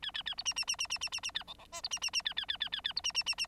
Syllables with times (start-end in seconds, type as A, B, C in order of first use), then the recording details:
0.02-0.11 A, 0.14-0.23 A, 0.26-0.35 A, 0.37-0.43 B, 0.45-0.54 C, 0.56-0.65 C, 0.67-0.76 C, 0.78-0.87 C, 0.90-0.98 C, 1.01-1.09 C, 1.12-1.20 C, 1.23-1.31 C, 1.34-1.44 A, 1.47-1.54 D, 1.58-1.65 D, 1.72-1.81 E, 1.83-1.89 B, 1.91-1.99 C, 2.01-2.10 C, 2.13-2.22 C, 2.25-2.34 A, 2.36-2.46 A, 2.48-2.57 A, 2.60-2.69 A, 2.72-2.81 A, 2.84-2.93 A, 2.96-3.01 B, 3.04-3.12 C, 3.14-3.23 C, 3.26-3.35 C, 3.38-3.47 C. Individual Bird9